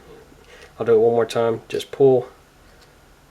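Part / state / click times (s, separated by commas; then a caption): plastic toy legs locking into figure body / not seated / none. Someone talks while handling a small plastic Transformers Robots in Disguise Mini-Con Deployer Drift toy figure, starting to pull its legs down from disc mode so they lock into the figure body. Speech runs from about 0.8 to 2.3 s over a quiet background. Nothing has seated or clicked yet.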